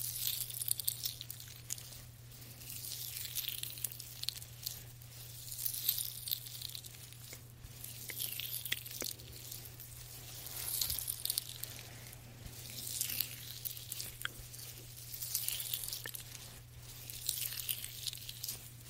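A soft, wordless hand massage: hushed rubbing and crinkly swishes rise and fall in slow waves over a steady low hum throughout.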